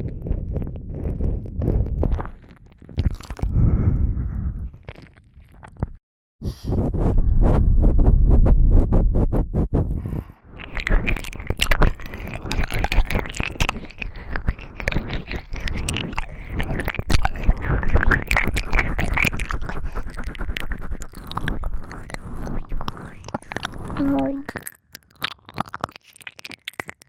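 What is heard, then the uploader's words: Wet ear-eating sounds for Halloween: dense mouth clicks, smacks and chewing-like crackles run almost without pause. The first ten seconds are heavier and rumbling, with a brief silence near six seconds, then the sounds turn brighter and crisper, with faint whispering near the end. ASMR Halloween Ear Eating.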